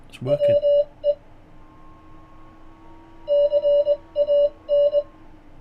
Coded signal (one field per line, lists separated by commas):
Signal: Morse code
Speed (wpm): 20 wpm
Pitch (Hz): 590 Hz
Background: speech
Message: WE CAN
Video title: YAESU FT-891S 18 - CW Decoding Via The PC's Microphone - C# WPF - David G7UIV